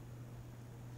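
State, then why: Not seated. An interchangeable mains plug adapter is lined up, put into and twisted on the charger body of a Linx 8 inch Windows tablet. Only a steady low hum around 100–150 Hz and a faint broadband hiss are heard, with no distinct clicks. Nothing has seated or clicked yet.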